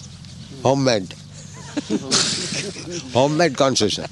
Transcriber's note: laughter